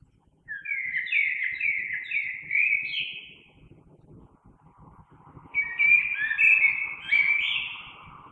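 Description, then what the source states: Common blackbird song in two rich warbling phrases of quick fluty notes, the second beginning after a pause of about two seconds. Recorded on 3 March 2020.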